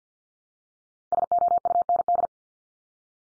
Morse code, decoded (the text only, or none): SOUND